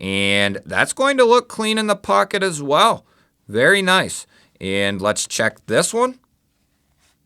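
Someone talks while handling a folding knife before checking the second one, whose blade is meant to lock into its handle lock. Speech fills most of the clip, then it goes quiet near the end. The blade has not clicked into its locked open position yet.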